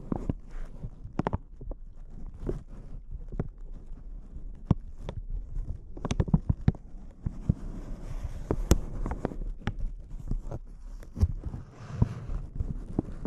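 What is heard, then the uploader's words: Intense close-up crinkles, a dense, irregular run of sharp snaps and crackles that keeps going for the whole stretch without settling into a rhythm. Louder bright pops stand out every second or so, over a steady low rustling rumble underneath. ASMR Intense Close-Up Crinkles (No Talking).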